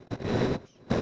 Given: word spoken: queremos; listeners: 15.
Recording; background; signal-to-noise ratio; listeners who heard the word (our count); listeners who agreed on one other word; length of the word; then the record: one Spanish word in noise, from a listening test; noise modulated by one talker; -10.4 dB; 0 of 15; 6 of 15; 0.62 s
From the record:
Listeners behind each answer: 6, 1, 1, 1, 1, 1, 1, 1, 1, 1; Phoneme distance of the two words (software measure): 31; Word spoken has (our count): 3 syllables, 7 phonemes, stress on syllable 2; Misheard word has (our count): 2 syllables, 4 phonemes, stress on syllable 1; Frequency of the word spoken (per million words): 51.39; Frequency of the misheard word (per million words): 554.77